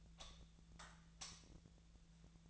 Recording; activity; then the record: daily activity, microphone in the room; light off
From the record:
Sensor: 3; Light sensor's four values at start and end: 45/116/50/51 and 39/97/42/45